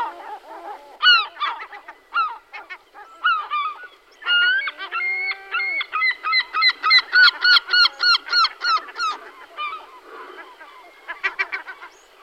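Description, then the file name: European herring gull laughing calls, a fast even string of bright yelping notes in the middle, with lower drawn-out wails before it. "larus argentatus"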